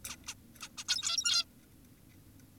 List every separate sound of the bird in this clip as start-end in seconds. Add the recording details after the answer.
0.10-0.16, 0.28-0.34, 0.62-0.69, 0.78-0.84, 0.88-1.45. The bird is an adult. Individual g17y2U